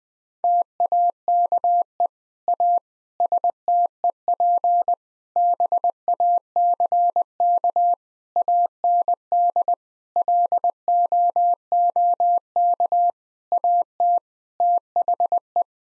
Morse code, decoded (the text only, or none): TAKE A STEP BACK AND LOOK AT THE